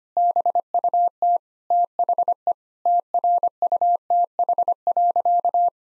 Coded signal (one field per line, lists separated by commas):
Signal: Morse code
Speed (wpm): 25 wpm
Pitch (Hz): 700 Hz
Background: none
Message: BUT THE TRUTH.